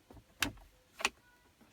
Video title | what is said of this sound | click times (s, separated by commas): Acura 2010 TL center console removal & cup holder / slider replacement | and you'll start to hear it snapping down uh back into place and um | 0.4 s, 1.1 s